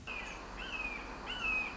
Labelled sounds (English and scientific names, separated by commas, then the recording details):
Red-shouldered Hawk (Buteo lineatus)
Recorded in Sonoma County, California